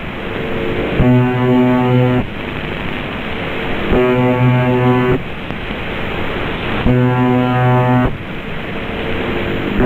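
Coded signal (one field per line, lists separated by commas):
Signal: channel marker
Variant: UVB-76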